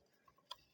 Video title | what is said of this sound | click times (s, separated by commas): mixer ko kaise thik kare - mixer grinder kaise thik kare - mixer grinder repair - mixer machine | इस तरह से lock कर लेना है एक तरह का लॉक हो गया | 0.5 s